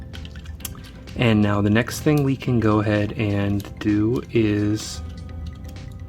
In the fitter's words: and you're just gonna give this a little push on the front until it clicks into place